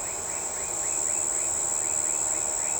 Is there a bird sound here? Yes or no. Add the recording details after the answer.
no. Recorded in shrubland near Pivijay, Magdalena, Colombia, on 13 April 2023 at 05:00. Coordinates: 10.453, -74.365. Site P5-G022